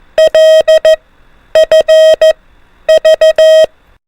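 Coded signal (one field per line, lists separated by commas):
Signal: Morse code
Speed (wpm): 14 wpm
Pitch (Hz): 630 Hz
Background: none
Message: LFV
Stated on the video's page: Alphabet-only Morse code practice at an increased speed of 24 wpm for advanced learners.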